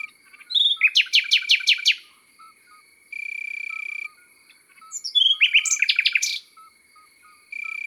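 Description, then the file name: Common nightingale song: two phrases of quickly repeated sharp notes about four seconds apart, with a steady high tonal buzz in between and faint short whistles. Recorded in the countryside. "Rossignol philomele Chants doiseaux dans la campagne"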